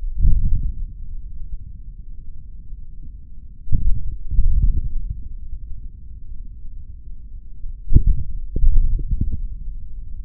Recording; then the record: forearm muscle sounds (acoustic myography)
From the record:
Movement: hand closing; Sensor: system 3, bracelet of six PUI Audio POM-2738L microphones around the upper forearm, with dedicated amplification and filtering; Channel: 4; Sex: male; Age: 26 years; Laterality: right